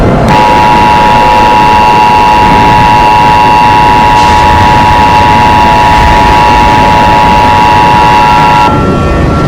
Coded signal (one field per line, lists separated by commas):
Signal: Emergency Alert System (SAME) tones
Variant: 853 and 960 Hz attention tone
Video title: EAS Scenario: Project JJ!